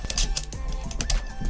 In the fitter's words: Right, so once it's there, it kind of locks in place.